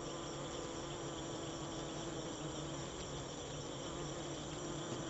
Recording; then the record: honeybee defence experiment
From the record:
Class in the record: alert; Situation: Africanized honeybees facing leafcutter ants (Atta)